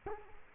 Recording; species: mosquito wingbeat signal from an infrared sensor; Culex quinquefasciatus